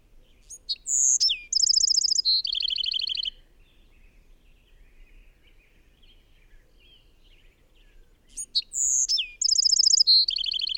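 Bird giving two song phrases, each starting with sharp high notes, then a whistled tone and fast trills stepping downward; calm background between.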